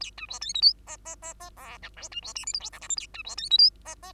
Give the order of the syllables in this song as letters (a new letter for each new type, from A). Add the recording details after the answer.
A B C D E F G G G G H I J B C K L M N O P Q A B C D E F G G. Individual Bird2